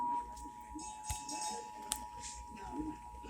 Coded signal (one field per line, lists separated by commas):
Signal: Emergency Alert System (SAME) tones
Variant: 853 and 960 Hz attention tone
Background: speech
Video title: SPECIAL GUEST APPEARANCE! EAS Tests from May 2023